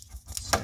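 A small magnetic snap closure on the back of a flip-stand recipe organizer is pressed closed. Two short, sharp snaps ring out at 0.4 s and 0.5 s, the second louder, as the magnetic snaps close into place and the stand is seated.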